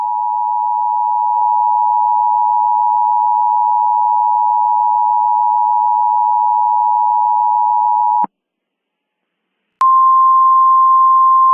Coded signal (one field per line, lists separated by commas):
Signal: Emergency Alert System (SAME) tones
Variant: 853 and 960 Hz attention tone